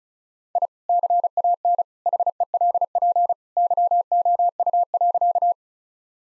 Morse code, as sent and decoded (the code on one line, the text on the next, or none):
.. / -.-. .- -. / .... . .-.. .--. / -.-- --- ..- .-.-.-
I CAN HELP YOU.